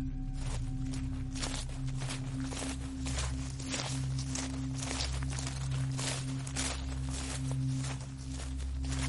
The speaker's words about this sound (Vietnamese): Có tiếng bước chân đi lại quanh miếu thành hoàng.